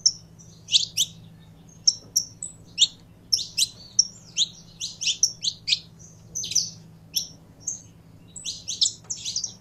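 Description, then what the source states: Belgian canary singing a steady series of sharp high chirps and short downslurred notes, grouped in quick bursts throughout, with a soft low hum. Song of a pure Belgian canary.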